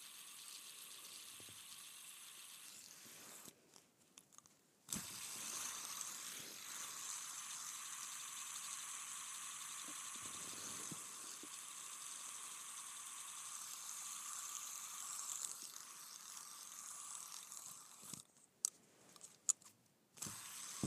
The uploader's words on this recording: ASMR Spinning a Fidget Spinner.